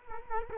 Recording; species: mosquito wingbeat signal from an infrared sensor; Culex quinquefasciatus